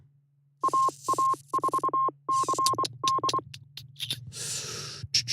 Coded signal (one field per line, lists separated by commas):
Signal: Morse code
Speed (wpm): 24 wpm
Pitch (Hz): 1060 Hz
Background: none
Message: AA4CD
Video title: 🔴 K6EGG Special LIVE 1-8-25 Ham radio California Fire and wind reporting